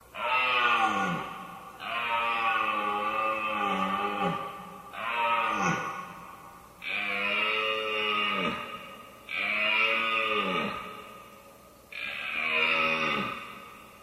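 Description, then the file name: Red deer roaring: six drawn-out, harsh harmonic bellows, mostly about two seconds long and falling in pitch at the end, spaced by short pauses. Recorded during the rut. "Hirsch Brunft"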